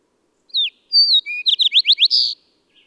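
Bird song phrase of a dropping whistle and a sustained high note, followed by a run of five rising sweeps and a closing buzzy burst.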